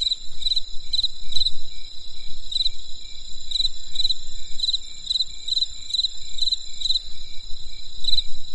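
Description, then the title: Insects chirping: a steady high-pitched trill with short bright chirps repeated at irregular intervals, over a low rumbling background. Insects calling on a winter night in the countryside. "There was a crisp sound of insects in the winter night. Come and experience a sound therapy feast from the countryside"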